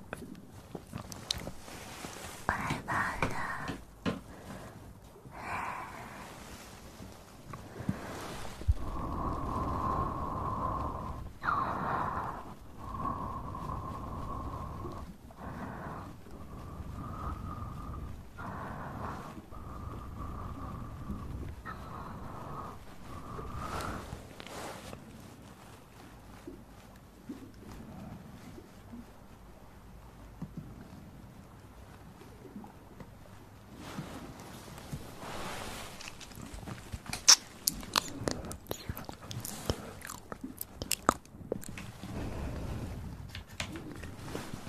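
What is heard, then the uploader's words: Mouth sounds: wet clicks, smacks and short puffs come in irregular bursts throughout, with a low rumbling underlay. From about 10 to 24 seconds, brief steady mid-pitched tones sit between the clicks, and a sharper pop stands out near 37 seconds. Mouth Sounds.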